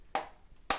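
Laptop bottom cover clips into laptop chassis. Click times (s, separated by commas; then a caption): 0.1 s, 0.7 s. Two more plastic edge clips of a Lenovo IdeaPad 3 bottom cover snap into the laptop chassis under hand pressure. Two sharp, bright clicks are heard at 0.2 s and 0.7 s, with the second one louder. The cover is hooking in and seated.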